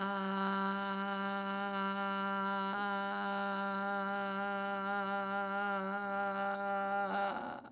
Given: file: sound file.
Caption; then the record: Voice recording during a sustained vowel /a/ one year after stromal vascular fraction injection: the voice is less hoarse and more stable, without breathiness.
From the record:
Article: Autologous adipose-derived stromal vascular fraction and scarred vocal folds: first clinical case report